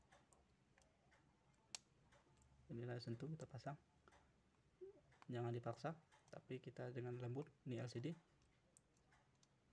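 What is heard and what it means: The LCD flex cable connector of a Samsung Note 8 is being handled and lined up to be pressed gently onto its socket on the phone mainboard while someone talks. A few faint ticks are heard, with a sharp tick at 1.8 s and a quieter one at 8.8 s. Nothing has seated or clicked yet.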